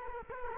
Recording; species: mosquito wingbeat signal from an infrared sensor; Culex quinquefasciatus